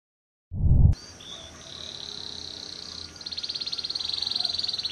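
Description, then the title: Canary trill after a brief thump, a high, rapid pulsed rattle that gets stronger and steadier over the last two seconds. Kalitan-style canary, active ('gacor') singing with a long song (suara panjang). "Kenari Kalitan Gacor Suara Panjang"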